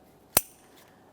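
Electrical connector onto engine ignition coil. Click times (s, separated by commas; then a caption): 0.4 s. A plastic electrical connector is lined up and pressed onto an engine ignition coil of a 2014-2018 Mazda 3 2.0L. A single sharp, bright click sounds at 0.4 s against a quiet background. The connector is seated and clicked into place.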